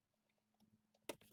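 A plastic ELECFRESH front floor organizer with cup holders is pushed down into place in the floor area between a truck's front seats. Faint soft taps and rustles lead up to a single sharp hit at 1.1 s as it seats, followed by a brief rattle.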